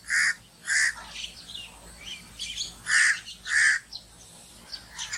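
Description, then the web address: Myna harsh, grating calls in two pairs, with faint soft chatter between them. "animal-sound myna-sound"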